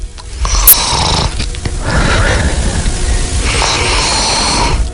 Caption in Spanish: El ronquido de un hombre cuya voz habéis escuchado durante muchos años. Cuando él está solo en su casa por la noche.